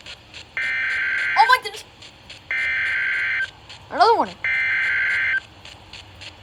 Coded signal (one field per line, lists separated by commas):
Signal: Emergency Alert System (SAME) tones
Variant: header bursts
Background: speech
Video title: SEVERE THUNDERSTORM WARNING! EAS #1